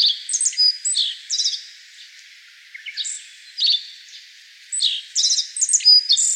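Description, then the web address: Black-faced bunting song: short bursts of high, jingling, buzzy notes delivered in quick phrases, separated by brief quiet gaps of up to about a second. Recorded 25 May 2013. "birdenaga aoji"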